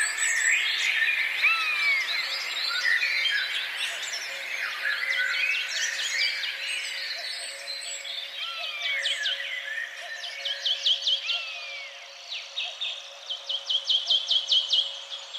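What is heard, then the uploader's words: Forest birdsong fills the recording, with many overlapping chirps, whistles and trills from several birds at once. Near the end a rapid, regular series of sharp notes stands out. A faint, steady low tone hums underneath throughout. Sounds of nature. Live in forest.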